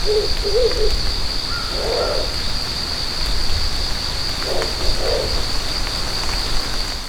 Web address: abarazemi 120916